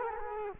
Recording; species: mosquito wingbeat signal from an infrared sensor; Culex quinquefasciatus